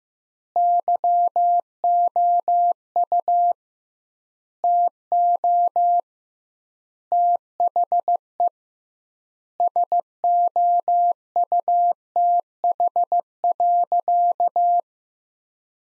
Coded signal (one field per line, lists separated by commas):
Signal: Morse code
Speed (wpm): 15 wpm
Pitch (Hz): 700 Hz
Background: none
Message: YOU TO THE SOUTH.